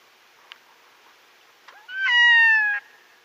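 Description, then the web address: Red-throated diver display call: soft clicks and faint sounds, then one drawn-out, mewing wail that falls slightly in pitch. "Red-throated Diver display"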